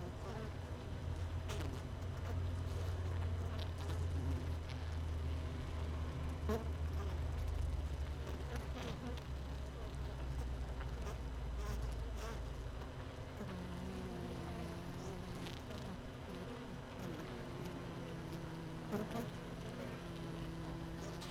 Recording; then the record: honeybee colony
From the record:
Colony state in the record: missing queen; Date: 31 May 2018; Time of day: 16:52